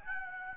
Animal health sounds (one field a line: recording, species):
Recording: mosquito wingbeat signal from an infrared sensor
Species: Aedes aegypti